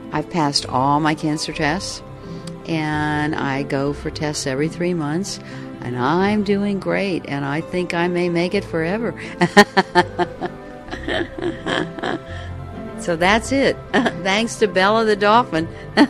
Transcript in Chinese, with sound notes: I've passed all my cancer tests and I go for tests every three months. And I'm doing great. And I think I may make it forever! (laughter) So, that's it. Thanks to Bella the dolphin!